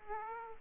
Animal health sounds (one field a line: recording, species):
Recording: mosquito wingbeat signal from an infrared sensor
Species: Aedes aegypti